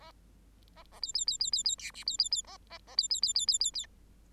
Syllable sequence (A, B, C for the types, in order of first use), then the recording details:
A A B B B B B B C D B B B A A A B B B B B B B. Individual Bird8